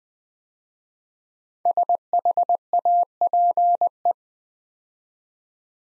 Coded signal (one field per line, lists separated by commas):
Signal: Morse code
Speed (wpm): 20 wpm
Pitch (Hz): 700 Hz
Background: none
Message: SHAPE